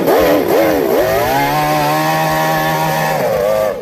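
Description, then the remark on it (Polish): An F1 H2O racing powerboat engine roars loudly, revving up and down a few times before settling into a sustained, buzzing high-pitched drone with no voices. “To wyścigi bardzo, bardzo szybkich łódek.”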